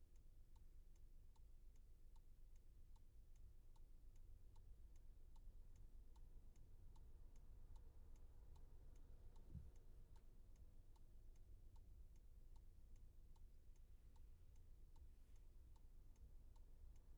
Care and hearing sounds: everyday scene through a hearing-aid microphone; in a vehicle; engine idling, traffic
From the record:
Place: Skoda Fabia, gasoline engine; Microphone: behind the ear, left, rear

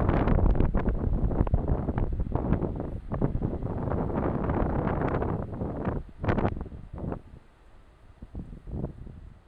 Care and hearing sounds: everyday scene through a hearing-aid microphone; wind on the microphone; squally wind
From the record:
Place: parking lot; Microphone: in the ear canal, left

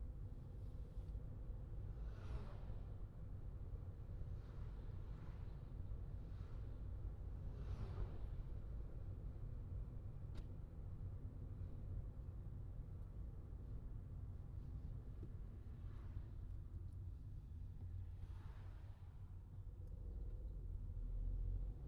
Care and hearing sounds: everyday scene through a hearing-aid microphone; in a vehicle; engine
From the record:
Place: Skoda Fabia, gasoline engine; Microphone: in the ear canal, left

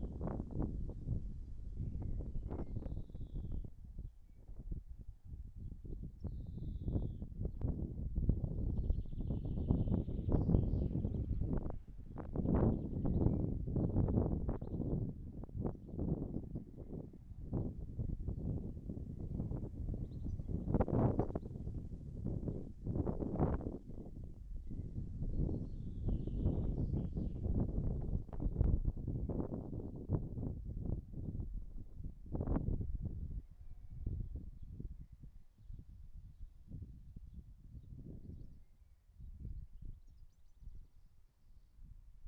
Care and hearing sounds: everyday scene through a hearing-aid microphone; wind on the microphone; wind, birds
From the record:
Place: in front of a rural house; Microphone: behind the ear, right, front

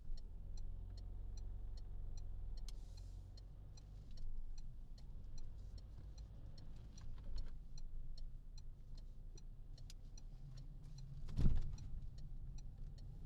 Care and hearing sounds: everyday scene through a hearing-aid microphone; in a vehicle; engine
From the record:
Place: Berlingo II, diesel engine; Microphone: in the ear canal, left

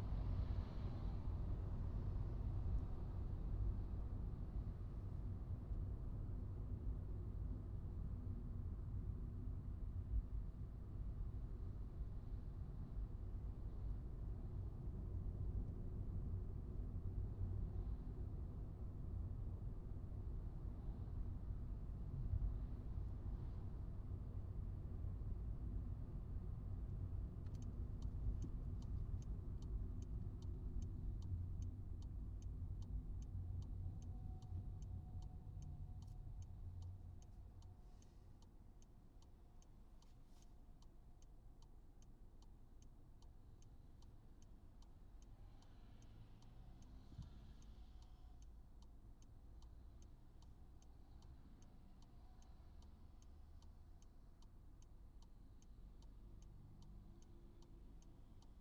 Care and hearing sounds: everyday scene through a hearing-aid microphone; in a vehicle; engine, traffic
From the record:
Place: Skoda Fabia, gasoline engine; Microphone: in the ear canal, right

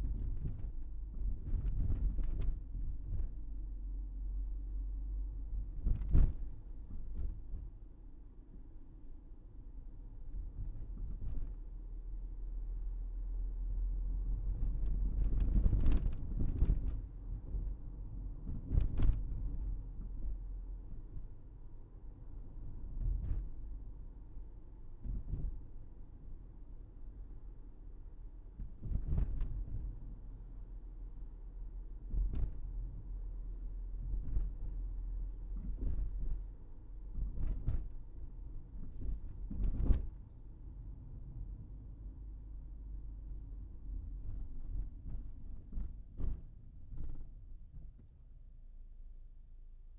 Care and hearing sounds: everyday scene through a hearing-aid microphone; in a vehicle; engine, rumble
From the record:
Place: Berlingo II, diesel engine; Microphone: behind the ear, right, rear

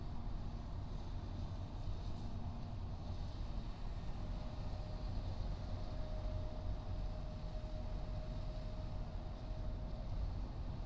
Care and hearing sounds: everyday scene through a hearing-aid microphone; in a vehicle; engine, highway driving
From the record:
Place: Skoda Fabia, gasoline engine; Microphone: in the ear canal, right

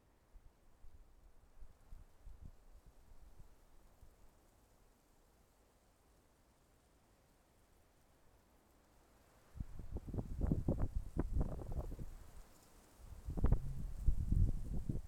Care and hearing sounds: everyday scene through a hearing-aid microphone; wind on the microphone; wind, traffic, birds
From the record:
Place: suburban garden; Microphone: behind the ear, left, front

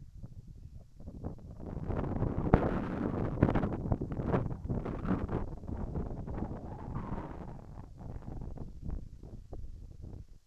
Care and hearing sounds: everyday scene through a hearing-aid microphone; wind on the microphone; wind, whistling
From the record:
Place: in front of a rural house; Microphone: behind the ear, right, front

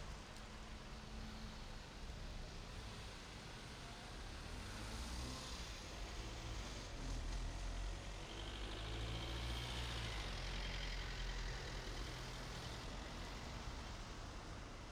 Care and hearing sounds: everyday scene through a hearing-aid microphone; in traffic; traffic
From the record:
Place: main road on the outskirts, rush hour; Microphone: in the ear canal, right

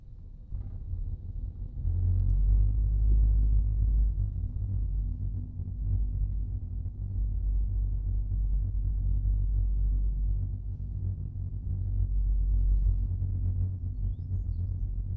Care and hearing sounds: everyday scene through a hearing-aid microphone; in a vehicle; engine, rumble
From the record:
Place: Skoda Fabia, gasoline engine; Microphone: in the ear canal, right

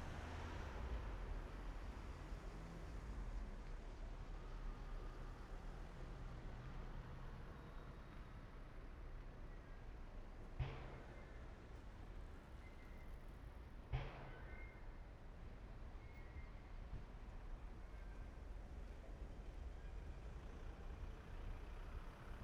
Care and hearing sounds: everyday scene through a hearing-aid microphone; in traffic; traffic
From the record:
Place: main road on the outskirts, rush hour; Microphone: behind the ear, right, front

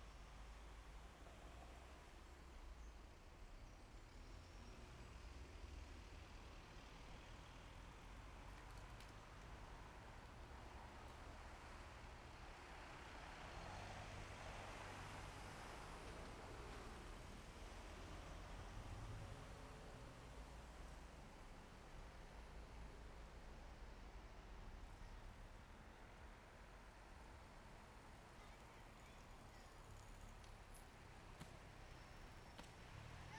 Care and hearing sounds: everyday scene through a hearing-aid microphone; in traffic; traffic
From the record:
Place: main road on the outskirts, rush hour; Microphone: behind the ear, left, rear

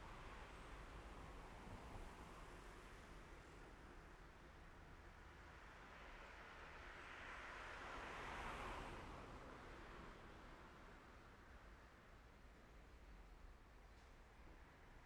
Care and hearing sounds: everyday scene through a hearing-aid microphone; in traffic; traffic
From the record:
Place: main road on the outskirts, rush hour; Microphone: behind the ear, left, rear

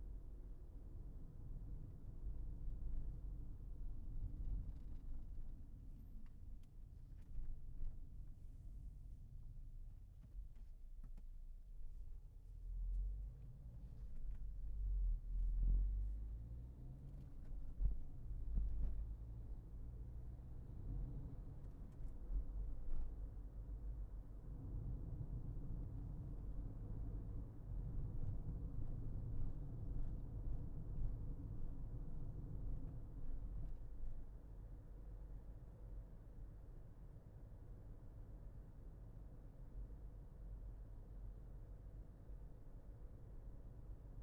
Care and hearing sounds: everyday scene through a hearing-aid microphone; in a vehicle; engine, traffic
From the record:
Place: Berlingo II, diesel engine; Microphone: behind the ear, left, front

